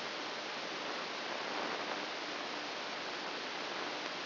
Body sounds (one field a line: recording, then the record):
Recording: brain microelectrode recording played as sound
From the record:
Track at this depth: inside the subthalamic nucleus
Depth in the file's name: 2.405 mm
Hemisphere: right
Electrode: 2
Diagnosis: Parkinson's disease